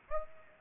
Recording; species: mosquito wingbeat signal from an infrared sensor; Aedes aegypti